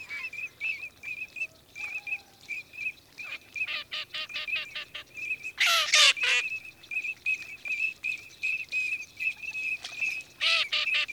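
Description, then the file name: Eurasian teal flock whistling continuously, crisp high piping notes in rapid series, broken by loud raspy bursts about halfway and near the end. 14 October 2006. "sarcelle d hiver 141006"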